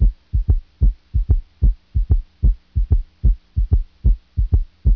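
Heart sounds of an adult, heard through a stethoscope.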